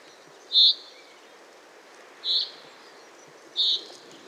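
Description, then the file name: Common chaffinch call, three short bright high notes spaced about one and a half seconds apart, each a single clipped chirp, over steady soft background hiss. "Fringilla coelebs"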